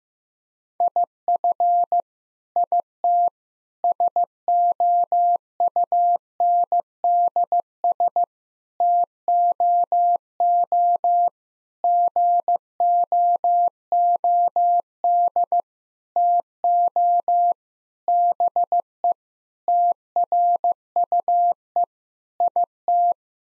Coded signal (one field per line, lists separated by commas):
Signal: Morse code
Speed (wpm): 14 wpm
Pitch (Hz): 700 Hz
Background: none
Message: IF IT SOUNDS TOO GOOD TO BE TRUE IT